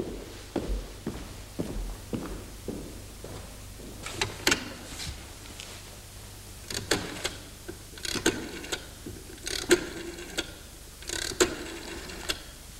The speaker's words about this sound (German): Moment mal, seien Sie mal still. Da ist doch schon wieder dieses komische Geräusch. Was für ein Geräusch, Herr General? Tickt immer noch.